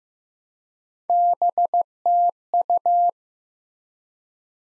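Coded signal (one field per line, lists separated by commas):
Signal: Morse code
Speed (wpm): 15 wpm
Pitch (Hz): 700 Hz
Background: none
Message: BTU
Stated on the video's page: Morse code QSO elements sent at 15 wpm for head-copy practice, each sent, then spoken, then sent again.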